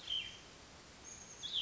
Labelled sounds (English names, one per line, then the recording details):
Cassin's Vireo
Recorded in Sonoma County, California